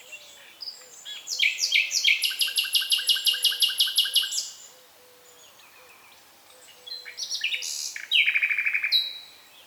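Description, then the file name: Common nightingale singing a rapid trill of evenly repeated notes for about three seconds, then after a pause a second varied phrase; faint low whistles beneath. "Luscinia megarhynchos"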